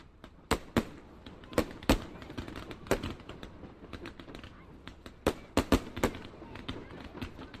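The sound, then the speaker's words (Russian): A fireworks display lights up the sky with many-coloured bursts, an irregular volley of sharp, loud cracks and pops, some coming in quick clusters, over a steady rumbling, crackling backdrop. “А потом мы любовались салютом, который мириадой всполохов и огней осветил небо.”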